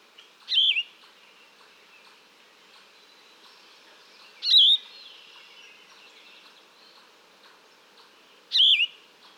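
Yellow-throated vireo singing three short, hoarse, slurred phrases spaced about four seconds apart, with soft bird chatter between them.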